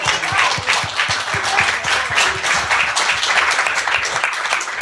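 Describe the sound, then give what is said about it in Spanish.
A crowd applauds steadily for several seconds at the inauguration ceremony of the Sala Cachito Fukman, dense overlapping claps forming a loud, even wash of sound with no voices standing out. “Sí, aplaudámoslo.”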